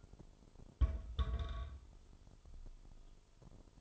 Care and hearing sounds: daily activity, microphone in the room; place on stove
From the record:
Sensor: 5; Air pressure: 988.4 hPa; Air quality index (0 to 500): 205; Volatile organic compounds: 84 ppm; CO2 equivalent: 3639 ppm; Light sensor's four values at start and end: 47/140/55/60 and 48/142/56/61

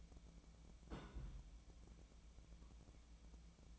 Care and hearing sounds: daily activity, microphone in the room; place on stove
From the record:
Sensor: 1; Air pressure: 1010.0 hPa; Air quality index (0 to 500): 186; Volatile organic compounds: 16 ppm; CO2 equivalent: 2561 ppm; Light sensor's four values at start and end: 39/99/41/50 and 39/99/41/50

